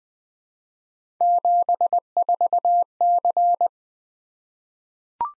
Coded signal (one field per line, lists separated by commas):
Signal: Morse code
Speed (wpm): 20 wpm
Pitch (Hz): 700 Hz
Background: none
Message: 74C